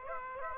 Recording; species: mosquito wingbeat signal from an infrared sensor; Aedes aegypti